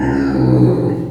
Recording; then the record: squeal of a Yucatan mini pig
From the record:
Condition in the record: before surgery on the right vocal fold (resection and tissue-engineered implant); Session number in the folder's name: 1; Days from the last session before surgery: -21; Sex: female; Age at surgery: 19 weeks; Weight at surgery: 25 kg